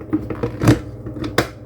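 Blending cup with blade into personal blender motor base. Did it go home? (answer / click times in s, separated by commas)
yes / 1.4 s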